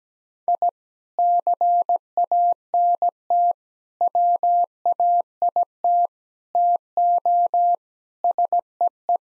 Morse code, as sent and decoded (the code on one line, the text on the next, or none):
.. / -.-. .- -. - / .-- .- .. - / - --- / ... . .
I CANT WAIT TO SEE